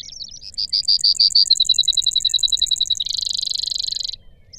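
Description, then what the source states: Brewer's sparrow song: high trills that shift in speed and pitch, a slower bright series, then a faster steady trill, ending in a dense buzzy rattle. Recorded in Sierra Valley in June 2002.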